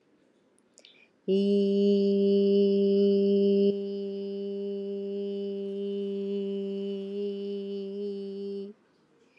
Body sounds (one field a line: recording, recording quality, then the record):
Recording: sustained vowel as in beet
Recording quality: excellent, no background noise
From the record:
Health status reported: healthy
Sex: female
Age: 43 years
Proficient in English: yes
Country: India